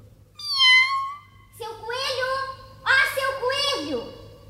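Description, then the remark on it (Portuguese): A cat gives three drawn-out meows in a row, the last one sliding down in pitch at its end, fairly loud over a faint steady low hum. “Miau! Olhe, Mimi!”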